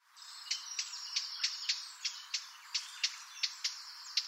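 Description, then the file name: Eurasian blackcap calling with a series of hard, dry tacking clicks. The clicks come roughly every third of a second over a faint high hiss. "Sylvia atricapilla"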